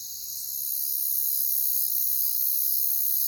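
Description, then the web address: Chorus of crickets, a shrill, high continuous trill that fades in over the first second and then holds steady. "Nature Songs Nature Sounds Sounds of Nature Collection Crickets"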